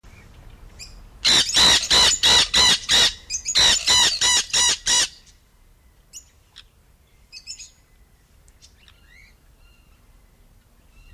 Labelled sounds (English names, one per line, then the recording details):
Nanday Parakeet call
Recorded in captivity
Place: Zoo Osnabrück, Niedersachsen, DE
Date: 1991-09-09 10:44
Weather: overcast, 13°C
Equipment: Marantz CP 430, Kopie Tesla B 116
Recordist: Tembrock, Günter
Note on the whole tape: Rufe